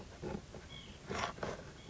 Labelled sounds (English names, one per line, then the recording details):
White-breasted Nuthatch
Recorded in Sonoma County, California